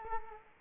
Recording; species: mosquito wingbeat signal from an infrared sensor; Culex quinquefasciatus